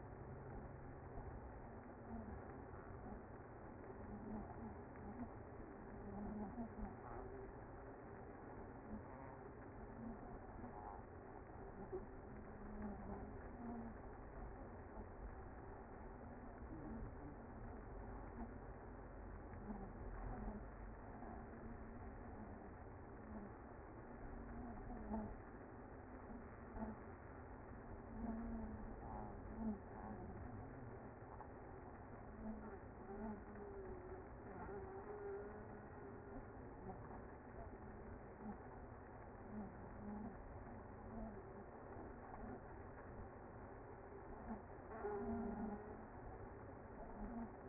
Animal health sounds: honeybee colony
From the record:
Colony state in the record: active

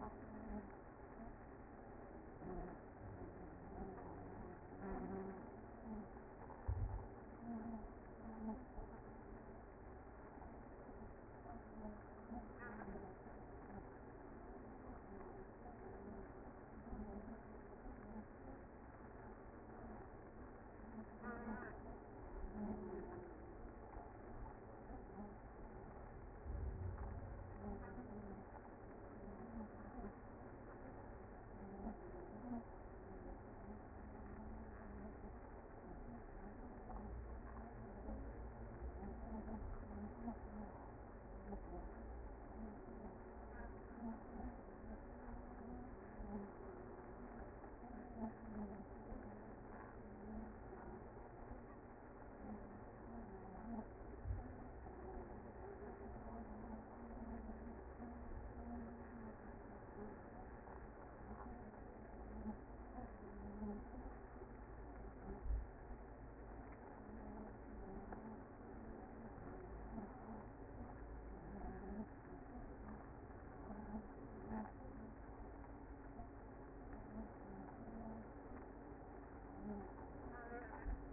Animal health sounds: honeybee colony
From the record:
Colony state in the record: active

